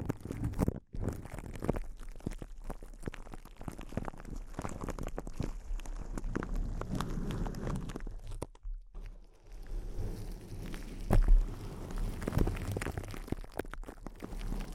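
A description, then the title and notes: Intense close-up crinkles fill the clip, a dense run of sharp crunching and crackling with little pause. Brief silences break it near the first second and again around eight to nine seconds, and a louder burst of crinkling comes at about eleven seconds. ASMR Intense Close-Up Crinkles (No Talking).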